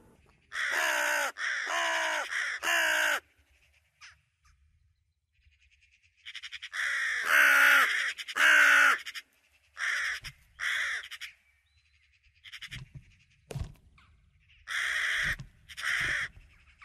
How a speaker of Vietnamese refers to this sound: Còn lại, chỉ còn mỗi con chim không rõ tên đó vẫn kêu rên thảm thiết.